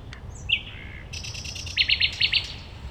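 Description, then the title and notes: Common nightingale song: a clear whistle, then a buzzy trill and a quick run of loud repeated chirps. Singing at a playground on Gartenstraße, Mitte, Berlin, Germany. "Mitte, Berlin, Germany - nachtigall in der gartenstraße. eine nachtigall am spielplatz gartenstraße, a nightingale at playground, gartenstraße"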